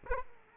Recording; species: mosquito wingbeat signal from an infrared sensor; Aedes aegypti